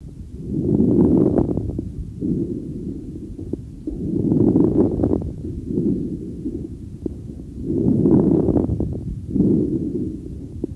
Crackles Late Inspiratory (Rales).